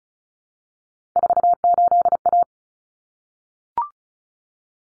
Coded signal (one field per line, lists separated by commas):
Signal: Morse code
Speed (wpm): 34 wpm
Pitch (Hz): 700 Hz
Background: none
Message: 48A